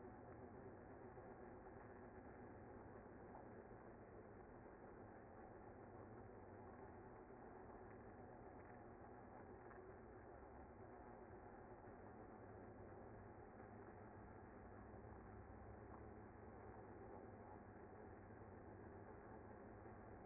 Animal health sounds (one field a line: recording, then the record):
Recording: honeybee colony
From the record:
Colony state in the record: active